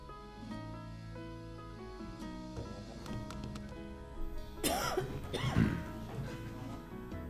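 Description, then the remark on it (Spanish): A few coughs break out in a very small courtroom at the courts on Talcahuano street as a trial hearing begins, a short cluster of rough bursts midway through, over a steady tonal hum and faint room murmur. “Entramos a los tribunales, pero escuchamos toses nada más por ahora.”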